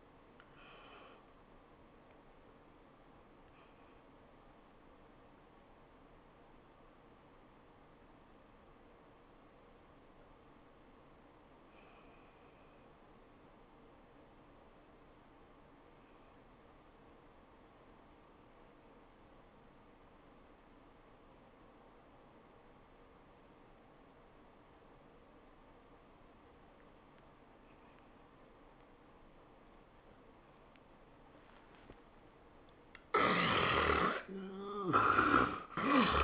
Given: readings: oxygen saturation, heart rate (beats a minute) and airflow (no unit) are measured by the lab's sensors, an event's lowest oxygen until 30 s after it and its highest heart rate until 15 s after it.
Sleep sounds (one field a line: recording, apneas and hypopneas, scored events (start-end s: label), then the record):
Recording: breathing in sleep by a voice recorder at the bedside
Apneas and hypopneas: 1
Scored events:
6.00-30.40 s: obstructive apnea (N1, oxygen 94% highest, then 68% lowest, heart rate 85 at the start, 105 highest)
From the record:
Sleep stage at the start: N1 (lightest sleep)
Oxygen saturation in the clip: 69 to 94%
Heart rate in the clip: 74 to 105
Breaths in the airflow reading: 3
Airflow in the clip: -16.4 to 13.1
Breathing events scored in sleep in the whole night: 403 in 5.5 hours asleep